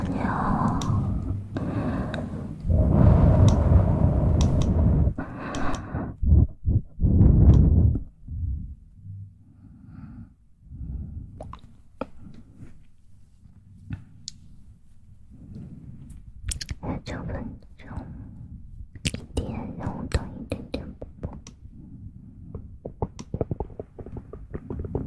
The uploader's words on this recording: ASMR Stones and tongues stir in the mouth.